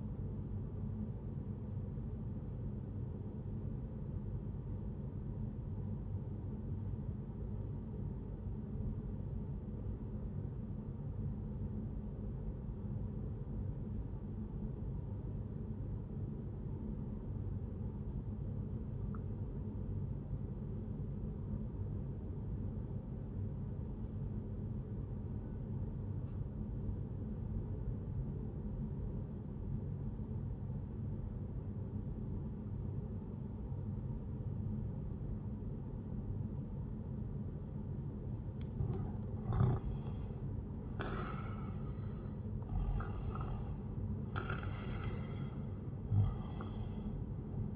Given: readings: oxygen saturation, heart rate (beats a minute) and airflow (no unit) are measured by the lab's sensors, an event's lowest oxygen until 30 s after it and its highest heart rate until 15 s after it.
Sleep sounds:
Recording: breathing in sleep by a smartphone at the bedside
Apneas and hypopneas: 1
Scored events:
2.00-47.76 s: new sleep stage, N1 (lightest sleep)
4.00-39.40 s: obstructive apnea (N1, oxygen 97% highest, then 91% lowest, heart rate 65 at the start, 78 highest)
From the record:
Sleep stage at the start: N2 (light sleep)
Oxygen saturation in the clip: 89 to 97%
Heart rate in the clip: 60 to 77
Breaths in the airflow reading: 3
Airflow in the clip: -9.9 to 11.4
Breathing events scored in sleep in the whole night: 131 in 7.2 hours asleep

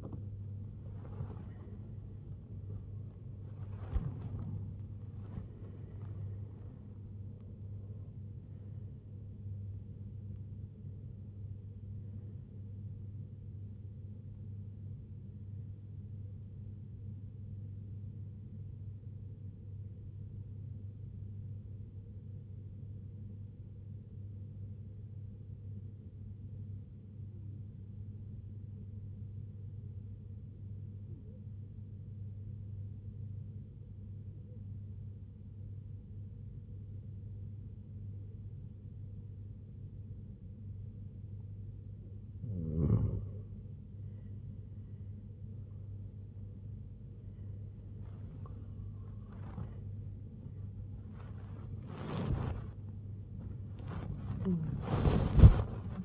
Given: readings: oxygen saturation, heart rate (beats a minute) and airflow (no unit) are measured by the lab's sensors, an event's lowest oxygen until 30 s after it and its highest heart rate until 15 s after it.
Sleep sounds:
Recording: breathing in sleep by a smartphone at the bedside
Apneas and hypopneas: 1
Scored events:
18.00-45.50 s: hypopnea (N1, oxygen 97% highest, then 88% lowest, heart rate 71 at the start, 95 highest)
29.00-56.05 s: new sleep stage, N2 (light sleep)
From the record:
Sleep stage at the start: N1 (lightest sleep)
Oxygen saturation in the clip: 85 to 97%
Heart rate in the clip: 67 to 94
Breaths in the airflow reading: 11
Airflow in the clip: -13.1 to 12.6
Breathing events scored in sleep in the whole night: 258 in 7.4 hours asleep

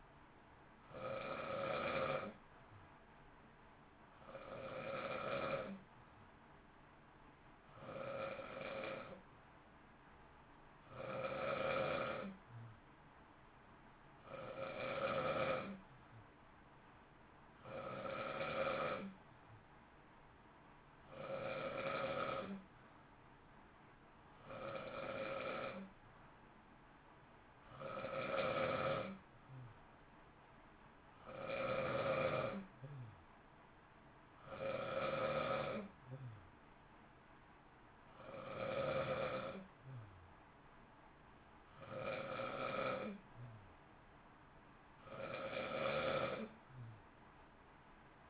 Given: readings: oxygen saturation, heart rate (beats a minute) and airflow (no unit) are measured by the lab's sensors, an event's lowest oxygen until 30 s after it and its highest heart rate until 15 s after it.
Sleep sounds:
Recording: breathing in sleep by a voice recorder at the bedside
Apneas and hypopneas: none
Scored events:
none scored
From the record:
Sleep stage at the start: N2 (light sleep)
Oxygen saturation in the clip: 91 to 92%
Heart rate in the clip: 55 to 59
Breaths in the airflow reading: 19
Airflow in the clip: -0.8 to 0.9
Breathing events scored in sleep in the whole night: 328 in 6.3 hours asleep

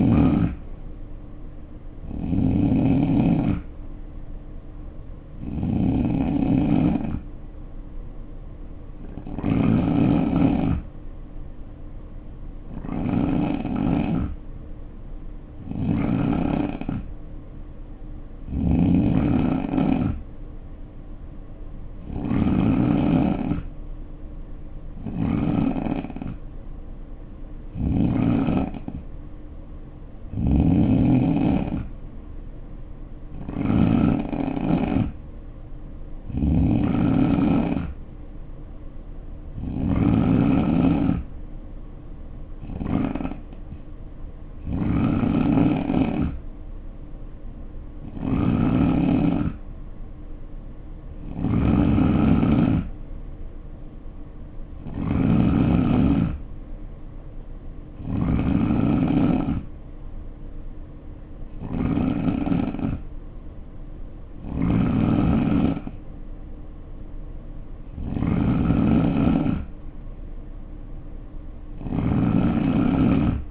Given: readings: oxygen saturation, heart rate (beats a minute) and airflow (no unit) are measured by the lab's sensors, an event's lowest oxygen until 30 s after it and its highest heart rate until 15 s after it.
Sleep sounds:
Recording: breathing in sleep by a smartphone at the bedside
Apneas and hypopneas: 1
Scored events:
9.00-24.40 s: hypopnea (N2, oxygen 92% highest, then 88% lowest, heart rate 66 at the start, 66 highest)
14.00-73.51 s: new sleep stage, N3 (deep sleep)
From the record:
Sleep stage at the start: N2 (light sleep)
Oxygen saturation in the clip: 88 to 92%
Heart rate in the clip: 60 to 66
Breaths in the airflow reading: 25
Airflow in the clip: -5.5 to 3.1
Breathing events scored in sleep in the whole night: 520 in 7.2 hours asleep

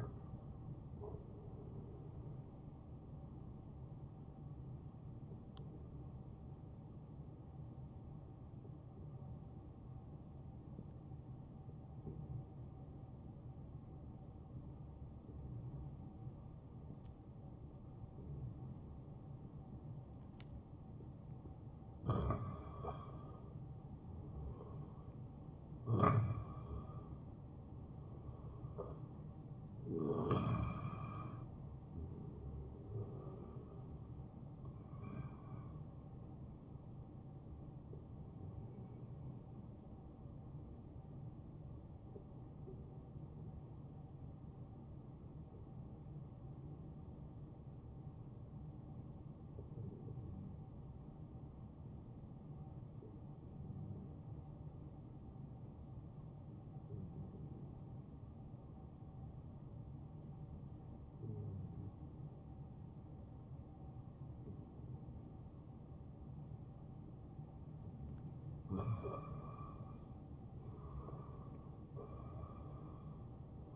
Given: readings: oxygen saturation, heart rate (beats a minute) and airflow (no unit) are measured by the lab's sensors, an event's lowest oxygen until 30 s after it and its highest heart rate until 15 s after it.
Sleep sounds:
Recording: breathing in sleep by a smartphone at the bedside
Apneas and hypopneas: 2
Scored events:
7.00-26.90 s: hypopnea (N1, oxygen 93% highest, then 89% lowest, heart rate 69 at the start, 74 highest)
42.00-69.60 s: hypopnea (N1, oxygen 94% highest, then 90% lowest, heart rate 69 at the start, 74 highest)
From the record:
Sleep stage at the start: N1 (lightest sleep)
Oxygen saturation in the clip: 89 to 94%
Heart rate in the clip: 48 to 77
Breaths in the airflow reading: 14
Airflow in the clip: -7.8 to 5.6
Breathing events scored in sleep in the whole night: 263 in 5.5 hours asleep

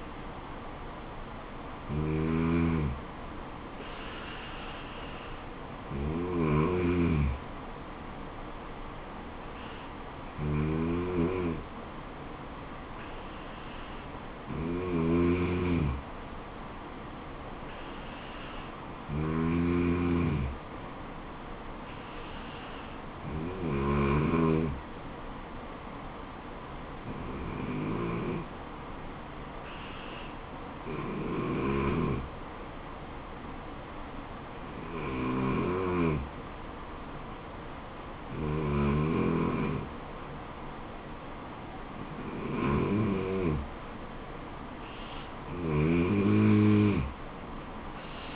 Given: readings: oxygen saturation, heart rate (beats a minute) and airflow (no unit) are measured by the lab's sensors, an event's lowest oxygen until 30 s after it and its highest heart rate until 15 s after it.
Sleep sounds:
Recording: breathing in sleep by a voice recorder at the bedside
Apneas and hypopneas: 1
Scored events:
1.00-48.36 s: new sleep stage, N2 (light sleep)
23.00-43.70 s: hypopnea (N2, oxygen 95% highest, then 92% lowest, heart rate 74 at the start, 77 highest)
From the record:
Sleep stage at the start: N3 (deep sleep)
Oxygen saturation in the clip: 93 to 96%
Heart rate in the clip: 67 to 77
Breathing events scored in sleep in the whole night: 426 in 7.4 hours asleep

